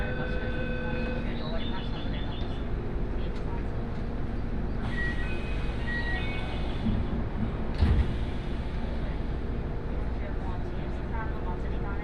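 A train journey on a Nagoya line: a steady low rumble fills the ride, with faint voices, brief tonal chimes, and a sharp knock near eight seconds.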